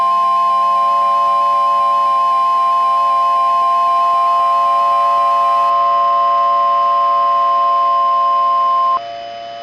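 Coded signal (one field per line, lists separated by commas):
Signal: Emergency Alert System (SAME) tones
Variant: 1050 Hz attention tone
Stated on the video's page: Recreated alerts with valid EAS tones, remaking real alerts from a tornado outbreak.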